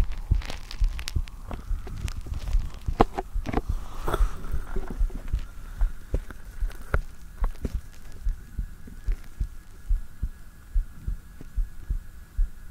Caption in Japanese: 落ち着く生肌心音。